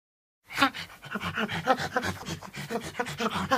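Chimpanzee panting calls: a fast series of breathy, rhythmic pants with voiced tones, continuing steadily after a brief silence at the start.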